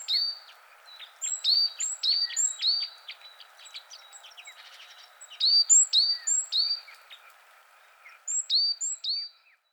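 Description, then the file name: Great tit singing bright, repeated two-note phrases in several bursts, high note then lower note. "Parus major"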